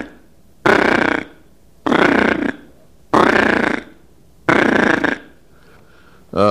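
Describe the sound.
Diving duck calls: four harsh, buzzy grunting bursts, each under a second long and separated by short pauses, with another burst starting at the end.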